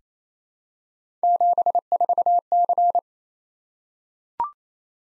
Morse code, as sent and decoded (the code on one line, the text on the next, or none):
--... ....- -.-.
74C